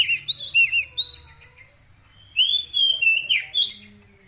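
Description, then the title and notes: Oriental magpie-robin giving a few short whistled notes, a pause, then a longer sliding whistled phrase. Fill-in (isian) song meant to make the bird sing loudly (gacor) day and night. "Kacer Jadi Gacor Siang Malam. Isian Kacer"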